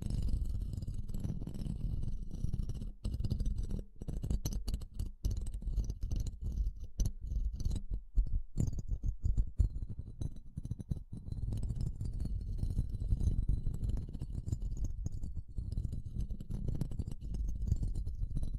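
A microphone is slowly grabbed and handled, giving a continuous low rumbling and muffled rubbing throughout. Dense bursts of scraping and knocking come and go irregularly, with short breaks around four, eight and eleven seconds, while a faint high whine and hiss sit above.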